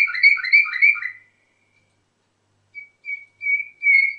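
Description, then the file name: Canary giving a quick warbled burst, falling silent, then sounding a few clear level whistles that lengthen toward the end. Orpheus canary. "kn orpheus v 1 omkicau"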